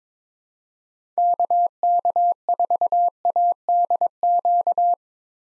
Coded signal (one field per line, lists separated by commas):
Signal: Morse code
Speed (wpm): 22 wpm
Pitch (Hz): 700 Hz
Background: none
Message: KK4ADQ